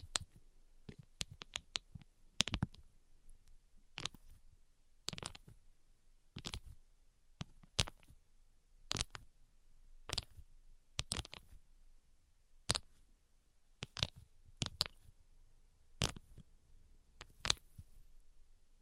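Crisp tapping, each tap a sharp, bright click that stops almost instantly. Early on the taps come in quick little clusters, then settle into a steadier pattern of single strikes about once a second. Near-silence fills the gaps between them.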